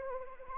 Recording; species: mosquito wingbeat signal from an infrared sensor; Anopheles arabiensis